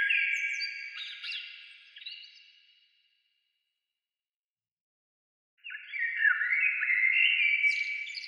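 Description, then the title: Bird song: a tumbling twittered phrase fades out, silence follows for nearly three seconds, then a loud new phrase of trills and high squeaks starts. "Oiseaux"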